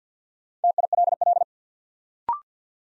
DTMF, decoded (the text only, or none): none